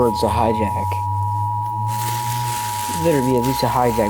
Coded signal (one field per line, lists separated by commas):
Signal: Emergency Alert System (SAME) tones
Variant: 853 and 960 Hz attention tone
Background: speech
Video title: EAS: WORLD WAR 3 REVAMPED